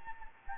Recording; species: mosquito wingbeat signal from an infrared sensor; Anopheles gambiae